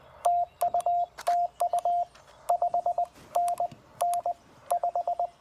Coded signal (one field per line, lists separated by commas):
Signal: Morse code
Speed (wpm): 18 wpm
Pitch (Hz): 690 Hz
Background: radio noise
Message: TU TU 5NN 5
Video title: Lake Alma POTA with the TR-45L: Pre-Hamvention CW Activation with WD8RIF!